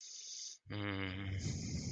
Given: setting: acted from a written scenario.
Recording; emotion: vocal sound without words; romantic love